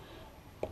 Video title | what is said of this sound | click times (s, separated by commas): TFE Fabrication's SRT4 Shifter Bushing Kit Review/Install | and straight and this one clicked right in so nice and easy once | 0.6 s